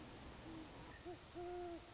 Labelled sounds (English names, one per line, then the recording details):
Great Horned Owl
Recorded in Sonoma County, California